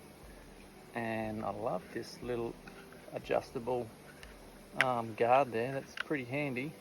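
Someone talks while handling the adjustable guard on a cordless MG1000 mini grinder, about to rotate it to a new position. Only speech is heard, with no tick or other sharp sound. Nothing has clicked or locked into place yet.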